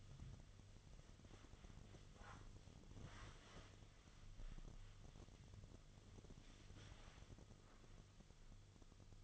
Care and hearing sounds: daily activity, microphone in the room; wipe stove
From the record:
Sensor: 4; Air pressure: 1005.6 hPa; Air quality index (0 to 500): 107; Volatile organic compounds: 3 ppm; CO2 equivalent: 1341 ppm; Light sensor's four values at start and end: 12/28/11/10 and 12/26/10/10

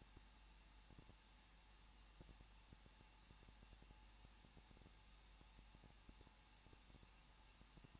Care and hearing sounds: daily activity, microphone in the room; no activity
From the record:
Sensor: 1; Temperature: 20.1 degrees Celsius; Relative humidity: 39.1%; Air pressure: 1006.5 hPa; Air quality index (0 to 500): 216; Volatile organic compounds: 72 ppm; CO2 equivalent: 3538 ppm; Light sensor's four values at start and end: 1/2/1/1 and 1/2/1/1

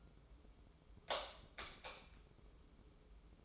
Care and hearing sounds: daily activity, microphone in the room; light off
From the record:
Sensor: 1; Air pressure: 995.4 hPa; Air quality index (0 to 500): 24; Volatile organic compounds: 0 ppm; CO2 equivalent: 499 ppm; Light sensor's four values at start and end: 14/42/16/17 and 11/26/10/11

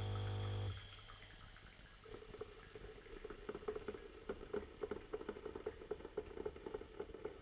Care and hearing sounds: daily activity, microphone in the room; make coffee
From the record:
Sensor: 4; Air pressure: 1002.9 hPa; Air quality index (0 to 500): 246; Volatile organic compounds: 20 ppm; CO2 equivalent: 2676 ppm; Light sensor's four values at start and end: 4/10/4/4 and 4/10/4/4

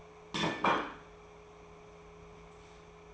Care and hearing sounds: daily activity, microphone in the room; place plate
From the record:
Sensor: 1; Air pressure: 1015.1 hPa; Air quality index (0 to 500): 201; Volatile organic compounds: 26 ppm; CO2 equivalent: 2851 ppm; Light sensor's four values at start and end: 29/70/30/36 and 29/71/30/36

